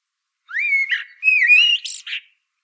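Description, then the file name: Common blackbird delivering a smooth, fluty warbling phrase that rises gradually and closes with a brief scratchy high flourish. "Turdus merula"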